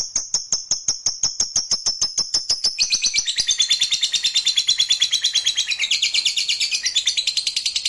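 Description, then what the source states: Lovebird starting with evenly spaced sharp ticking notes over a thin high tone, then breaking into a long, fast, shrill chattering trill. Fighter lovebird giving a long ngekek.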